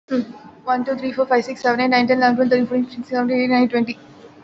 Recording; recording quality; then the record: counting at a fast pace; excellent, no background noise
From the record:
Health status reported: recovered from COVID-19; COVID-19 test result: positive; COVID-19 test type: RT-PCR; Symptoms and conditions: another condition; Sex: female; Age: 19 years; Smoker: no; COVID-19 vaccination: one dose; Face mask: worn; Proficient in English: yes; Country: India